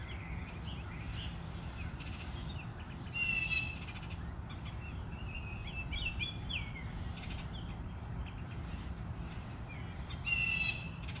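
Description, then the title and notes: Bird calls, scattered twittering chirps throughout, interrupted by two brief noisy bursts, over a low steady background. Birds singing outside the recordist's house. "Bird Songs Part Two. More bird songs outside my house"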